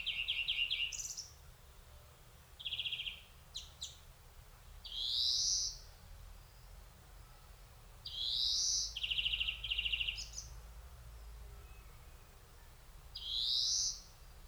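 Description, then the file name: European greenfinch giving rapid rattling trills and rising nasal wheezes, several phrases spaced a few seconds apart. "Chloris chloris"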